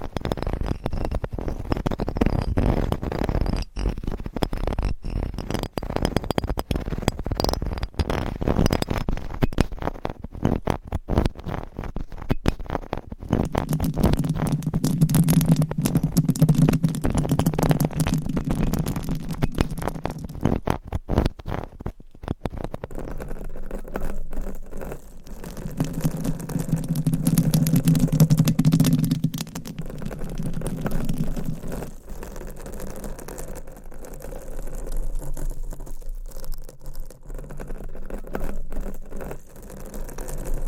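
Dense, rough mic scratching fills the clip with constant crackly rubbing, with two low humming swells around 14–20 and 26–31 seconds.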